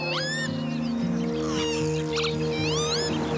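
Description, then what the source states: Northern Lapwing calls, wheezy, slurred rising and falling notes repeated several times over sustained, droning musical tones. Bird of Irish farmland, also known as green plover and as peewit after its calls, which are described as peculiar and otherworldly.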